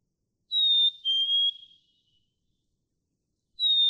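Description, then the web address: Black-capped Chickadee song: a clear two-note whistle, the first note higher and the second lower, then another phrase begins at the end. "birdsongforthecurious songs Black-capped Chickadee"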